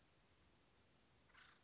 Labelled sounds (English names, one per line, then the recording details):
Acorn Woodpecker
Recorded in Sonoma County, California